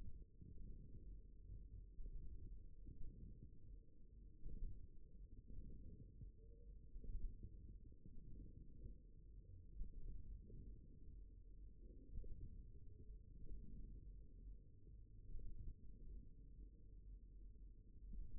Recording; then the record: forearm muscle sounds (acoustic myography)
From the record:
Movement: wrist flexion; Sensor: system 1, eight BSWA MPA416 microphones around the upper forearm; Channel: 1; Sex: male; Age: 54 years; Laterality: right